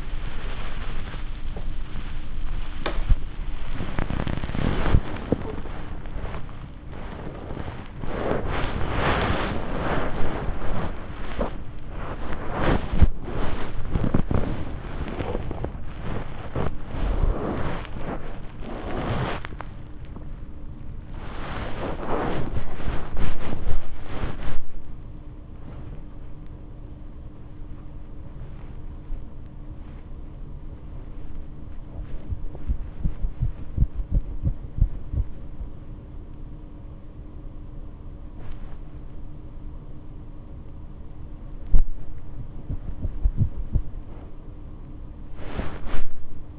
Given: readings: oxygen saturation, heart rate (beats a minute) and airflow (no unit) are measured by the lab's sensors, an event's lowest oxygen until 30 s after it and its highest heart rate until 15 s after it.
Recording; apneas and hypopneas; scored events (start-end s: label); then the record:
a person awake in a sleep study, by a smartphone at the bedside; none
3.00-46.59 s: awake
From the record:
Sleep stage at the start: awake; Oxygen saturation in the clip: 94 to 98%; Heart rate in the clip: 86 to 103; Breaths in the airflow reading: 12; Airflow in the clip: -11.4 to 8.1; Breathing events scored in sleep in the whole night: 228 in 5.4 hours asleep